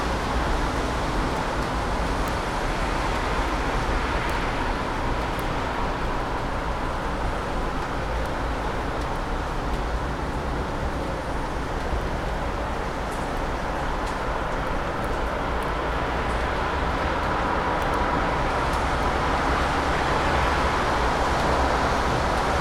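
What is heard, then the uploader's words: Cars drive past in a rainy downpour, a steady dense hiss and low road rumble with faint ticks of drops throughout. Cars Driving in the Rain. The soothing hum of a rainy downpour, as cars drive through the rain.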